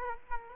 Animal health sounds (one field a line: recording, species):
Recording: mosquito wingbeat signal from an infrared sensor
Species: Culex quinquefasciatus